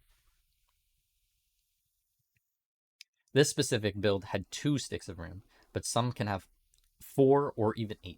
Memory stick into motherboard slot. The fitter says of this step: as we watch this video you'll see the ram snap into place